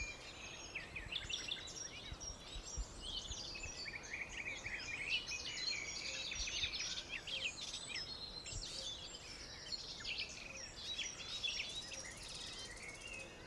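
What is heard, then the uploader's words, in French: Birdsong fills le bocage, many birds chirping and trilling at once in a dense, continuous chorus of bright, high notes with no pauses. Beneath it runs a steady low rumble of background noise, with a few soft thumps scattered through. Le bocage.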